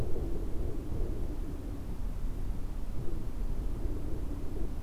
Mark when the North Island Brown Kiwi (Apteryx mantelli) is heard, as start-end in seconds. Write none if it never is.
none